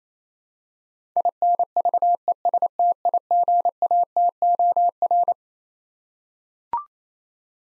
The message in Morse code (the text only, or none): INVESTIGATOR